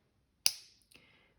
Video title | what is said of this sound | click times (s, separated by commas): Gano DHS PAP - Water Demo | did you guys hear that click when they come next to each other and they're stuck to each other like that | 0.5 s